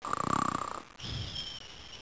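An adult's single loud, fluttering snore lasts just under a second, with rapid rattling pulses from soft tissue vibrating in the airway. It is followed by a quieter, breathy stretch with a faint steady high tone in the background.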